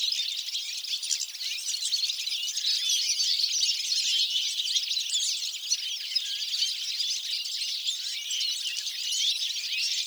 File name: Carduelis carduelis